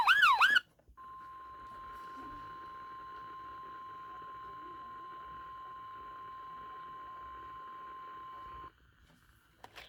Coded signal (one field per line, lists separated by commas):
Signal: Emergency Alert System (SAME) tones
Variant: 1050 Hz attention tone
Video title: Something New Enters the Conversation! (EAS #105)